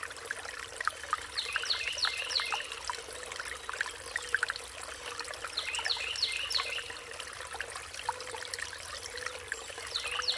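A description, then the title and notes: Outdoors by a riverside in daytime, water trickles and dribbles steadily, with a dense patter of small splashes. A bird sings bright, quick chirping phrases around two seconds, again near six seconds, and briefly at the end, over a faint low rumble. EXT. RIPARIAN ZONE. DAY.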